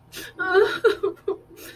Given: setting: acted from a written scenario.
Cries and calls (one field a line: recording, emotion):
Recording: vocal sound without words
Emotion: guilt